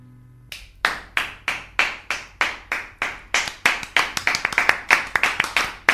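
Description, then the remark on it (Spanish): Audience applause in the studio of the show Corrientes Circulares after a live band performance: sharp, steady claps in a regular beat that speed up and thicken as more hands join toward the end, with no talking. “Aquí hay aplausos ahora mismo en este estudio, en el que tengo enfrente y en el que tengo en mi espalda.”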